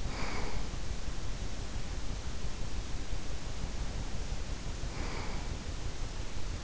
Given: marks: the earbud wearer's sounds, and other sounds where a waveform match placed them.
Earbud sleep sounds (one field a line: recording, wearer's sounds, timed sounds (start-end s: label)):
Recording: sounds in sleep by an in-ear microphone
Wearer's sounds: breath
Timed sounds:
0.00-0.57 s: breath
4.79-5.58 s: breath